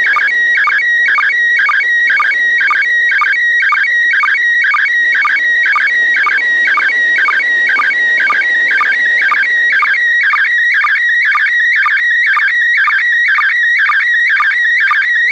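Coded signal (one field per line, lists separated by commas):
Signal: SSTV (slow-scan television)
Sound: warbling, chirping tone around 2 kHz with rhythmic low blips about twice a second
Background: radio static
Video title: Décodage d'images en provenance de l'ISS (SSTV)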